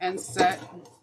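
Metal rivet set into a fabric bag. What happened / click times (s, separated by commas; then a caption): Handled, not yet home: no seating click heard / none. A metal rivet on a fabric bag is handled with a hand rivet setter, where two small clicks would signal that the rivet is set. Someone talks briefly over soft handling noise. The clip ends before the rivet goes home, so nothing has seated or clicked yet.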